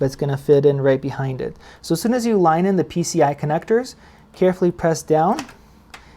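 A graphics card is lined up with the motherboard's PCIe slot and pressed down while someone talks. The slot latch gives a small click at 5.9 s, and the card is seated.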